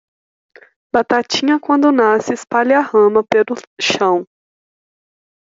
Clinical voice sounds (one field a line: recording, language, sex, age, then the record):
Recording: short text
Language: Brazilian Portuguese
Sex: female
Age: 20 to 29 years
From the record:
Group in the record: control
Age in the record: 24 years